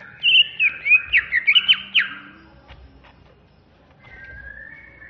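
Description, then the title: Greater green leafbird giving a quick burst of slurred whistles and chattering notes, followed by quiet with a faint drawn-out whistle. Banyuwangi-type bird singing agitatedly and aggressively (ngamuk), in the style called ngentrok. "Cucak Hijau Banyuwangi"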